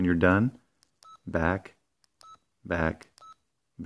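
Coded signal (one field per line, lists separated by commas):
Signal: none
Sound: radio's keypress beeps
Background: speech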